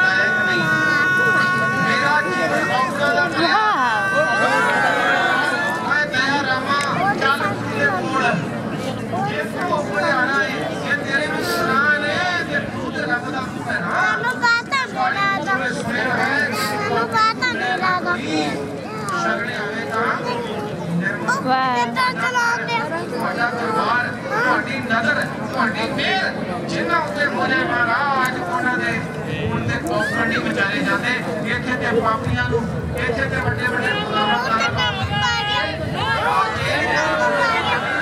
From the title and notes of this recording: Vaisakhi Celebrations held in Gravesend. Attended by 1000's of people from across all communities in the area.